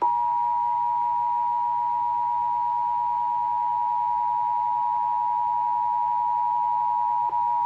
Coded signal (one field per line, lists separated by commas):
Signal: Emergency Alert System (SAME) tones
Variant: 853 and 960 Hz attention tone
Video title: Pennsylvania Required Monthly Test on WDPN-TV (May 16, 2023) (EAS #777)